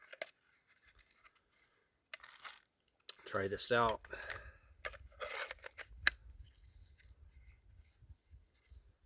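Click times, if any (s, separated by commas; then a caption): 6.1 s. Someone talks while handling the sheath of a Holtzman's Bushwhacker bushcraft and survival knife, with scattered rustling and sharp handling noises. The snap button on the sheath's retention strap is pressed closed over the knife handle, giving a sharp, loud click at 6.1 s. The snap seats firmly and is praised as a nice tight snap.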